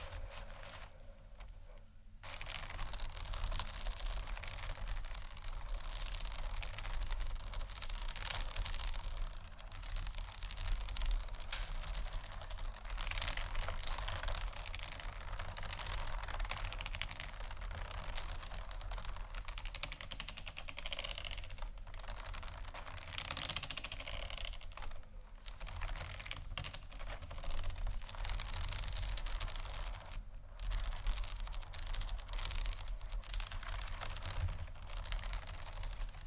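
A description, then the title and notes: Beads and pearls clatter and rattle in a dense, continuous, bright clicking stream, with brief pauses near two, twenty-five and thirty seconds. ASMR Beads And Pearls（No Talking）.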